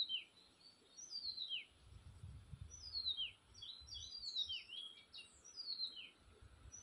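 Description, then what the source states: Bird chorus of sharp, downward-sweeping whistles and quick chirps, overlapping every second or so, over a faint low background hum. Forest birds recorded in spring.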